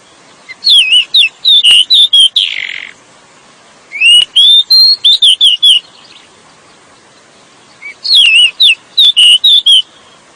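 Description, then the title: Oriental magpie-robin song: loud bursts of sharp clicks and bright whistled notes, each burst about two seconds long and repeated three times, quiet between. Forest magpie-robin with very loud song, used to get captive birds singing. "SUARA KACER HUTAN NYARING BANGET"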